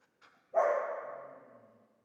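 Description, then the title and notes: Dog barking: one loud, harsh bark that trails off slowly over more than a second, with a faint short sound just before it. Old dog stuck in the pool/basin of the dilapidated Palais El Glaoui courtyard, Fès, Morocco; full sun, circling, rearing on hind legs, barking at visitors; recorded with Zoom F3 and ORTF microphone. "Fès, Fès-Meknès, Maroc - le chien du palais El Glaoui. Dans la cour du palais (en décrépitude avancée), un vieux chien est "prisonnier" dans le bassin/piscine. Il se dresse sur ses pattes arrières pour entrevoir quelques secondes ce qui se passe dans la cour et "invective" les visiteurs de ses aboiements. JF CAVRO"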